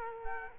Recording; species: mosquito wingbeat signal from an infrared sensor; Culex quinquefasciatus